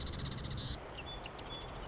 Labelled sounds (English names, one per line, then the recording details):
Marsh Wren
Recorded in Sonoma County, California